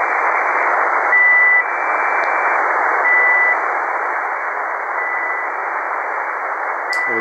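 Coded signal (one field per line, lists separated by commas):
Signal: channel marker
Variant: Squeaky Wheel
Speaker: так называемое скрипучее колесо. Она здесь неподалеку находится. Это частота 5473. Можно даже прокрутить. Вот она.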